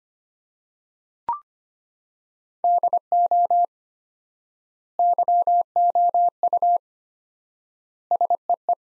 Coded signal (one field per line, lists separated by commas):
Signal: Morse code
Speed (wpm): 25 wpm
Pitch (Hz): 700 Hz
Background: none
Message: DO YOU SEE